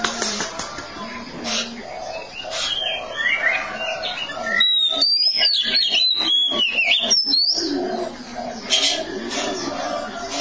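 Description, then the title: Oriental magpie-robin gives a burst of clear, sliding whistles and sharp chips in the middle, surrounded by noisy background chatter and hiss. "Kacer"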